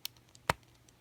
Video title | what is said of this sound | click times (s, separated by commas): Transformers: Age of Exctinction (Deluxe) - SNARL Review | that you will fill it click into place | 0.5 s